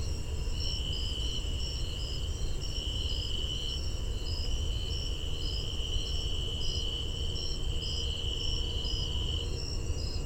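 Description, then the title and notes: Tree cricket trilling in a steady band, with a rhythmic pulsing sound above it and a low rumble of background noise throughout. Recorded near a visitor center in a research refuge, September 8, 2015, 8:02 pm, about 82 degrees; Fostex FR-2 recorder, Sennheiser ME62 microphone with parabola; edited with fade in and out. "Tree Cricket recorded near Visitor Center of Patuxent Research Refuge September 8, 2015 at 8:02pm. Temperature about 82 degrees."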